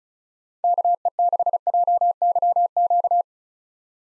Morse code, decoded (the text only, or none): KE6JYQ